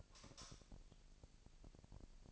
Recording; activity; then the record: daily activity, microphone in the room; light off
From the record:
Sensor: 5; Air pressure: 1002.0 hPa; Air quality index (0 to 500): 230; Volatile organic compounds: 32 ppm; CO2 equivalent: 3005 ppm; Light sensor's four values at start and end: 16/38/16/17 and 16/36/15/16